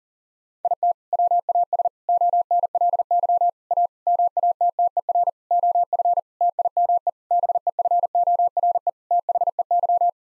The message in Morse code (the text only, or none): IT WAS ONLY A MATTER OF TIME BEFORE THEY